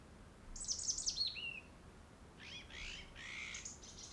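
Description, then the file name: European robin singing a high, thin descending trill that ends in lower slurred notes, followed by a burst of scratchy, buzzy phrases. "Erithacus rubecula"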